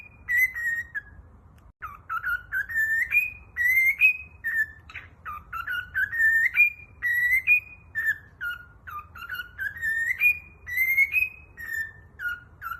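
Cockatiel whistling a long melody, clear notes climbing and falling in steps, repeated phrases with a few chirpy accents.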